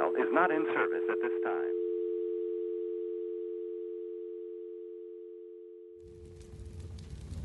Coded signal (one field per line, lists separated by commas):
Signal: telephone call progress tone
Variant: North America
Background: speech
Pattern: dial tone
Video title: A Well Known Man Episode 2- Touch Tone Phone That Speaks To The Cosmos